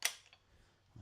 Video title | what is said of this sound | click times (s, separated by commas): Andrew (The Guy) Harris Live Stream | And then it kind of locks in. You can hear it lock | 0.0 s